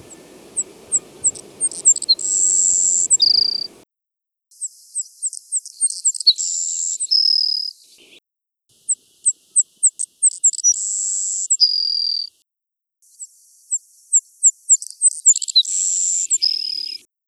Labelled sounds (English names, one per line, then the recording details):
Savannah Sparrow song
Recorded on Kent Island, New Brunswick, in 1982